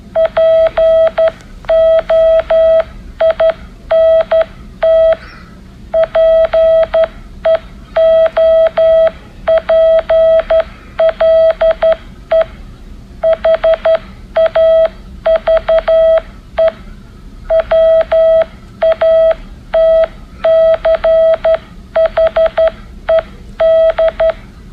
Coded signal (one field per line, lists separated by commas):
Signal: Morse code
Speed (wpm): 12 wpm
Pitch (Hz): 650 Hz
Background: none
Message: POINT PEOPLE HAVE WATCHED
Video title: Now Morse code…